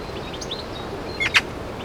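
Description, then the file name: Eurasian Magpie giving two short, harsh rasping chack notes in quick succession, over steady background noise and faint chirps from small birds. "Pica pica"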